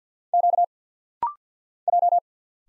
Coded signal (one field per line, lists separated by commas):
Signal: Morse code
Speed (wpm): 50 wpm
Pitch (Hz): 700 Hz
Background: none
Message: Q J